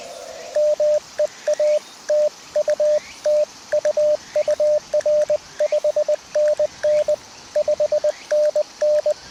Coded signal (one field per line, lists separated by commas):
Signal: Morse code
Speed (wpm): 20 wpm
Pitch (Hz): 600 Hz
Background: radio noise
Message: ME A TU TU UR 5NN 5NN